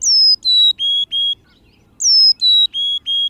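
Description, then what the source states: Carolina chickadee song: four whistled notes, the first highest and the following ones lower, sung twice with a short pause between, over a faint low rumble. Song usually has more notes than the black-capped chickadee's, all at different or alternating pitches.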